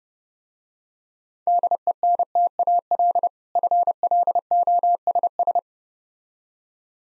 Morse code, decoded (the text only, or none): DENTAL FLOSS